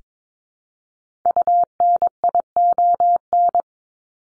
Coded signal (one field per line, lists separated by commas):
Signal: Morse code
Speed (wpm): 22 wpm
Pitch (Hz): 700 Hz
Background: none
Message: UNION